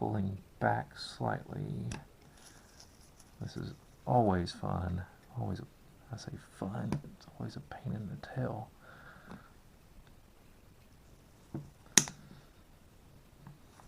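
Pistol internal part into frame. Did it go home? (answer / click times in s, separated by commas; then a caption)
yes / 12.0 s. Someone talks while pressing a small internal part of a Bryco Jennings Model 59 9 mm pistol and pulling back slightly. At 12.0 s a sharp click rings out as the part snaps back into its seat in the frame, unintentionally going where it was not wanted. A few faint ticks follow.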